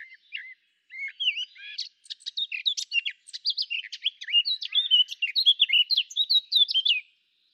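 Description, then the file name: Eurasian blackcap song, a lively run of rapid, varied warbling and chirping notes that carries on steadily for about seven seconds. "Sylvia atricapilla"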